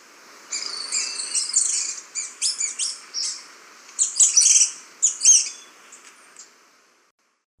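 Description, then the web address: Slaty-capped flycatcher chattering, a string of quick, high, scratchy phrases in irregular bursts, fading out at the end. Recorded in Ecuador. "Natures Songs S America Birds of Ecuador Slaty-capped Flycatcher"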